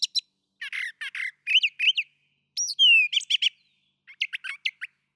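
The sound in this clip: Brown thrasher song of rapid, scratchy phrases followed by a clear slurred whistle and a few high, sharp chirps.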